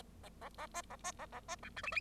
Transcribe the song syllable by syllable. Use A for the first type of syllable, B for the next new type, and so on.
A A A B A B A A B C D E E